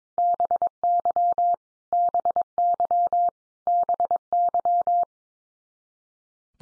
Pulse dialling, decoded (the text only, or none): none